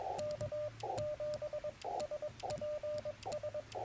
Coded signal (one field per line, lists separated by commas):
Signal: Morse code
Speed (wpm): 21 wpm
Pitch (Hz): 600 Hz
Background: radio noise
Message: K7SPS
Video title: Morning Morse Code - 3/13/24